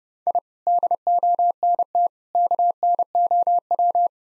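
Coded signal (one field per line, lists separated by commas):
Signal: Morse code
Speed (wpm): 30 wpm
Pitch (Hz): 700 Hz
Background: none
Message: I DONT KNOW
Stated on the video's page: Morse head-copy drill of seven-word common phrases at 30 wpm, each set sent, spoken, then sent again.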